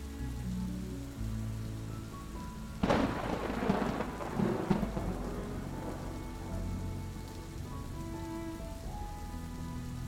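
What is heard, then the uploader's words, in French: Steady rain and soft music with low held tones, while a rumble of thunder breaks in around the third second and rolls for two seconds. Écoutez le Son Apaisant du TONNERRE et de la PLUIE avec une Douce MUSIQUE. La pluie et du tonnerre, accompagné d'une douce musique.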